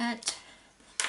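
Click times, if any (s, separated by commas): 1.0 s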